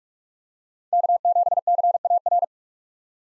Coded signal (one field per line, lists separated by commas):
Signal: Morse code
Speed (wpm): 46 wpm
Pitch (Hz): 700 Hz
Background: none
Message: K7CAR